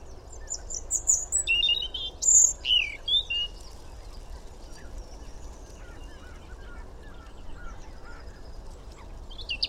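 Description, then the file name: European robin calls: thin high whistles and short sliding notes in a brief burst near the start, then quiet with faint scattered high chirps over low background rumble. "Erithacus rubecula"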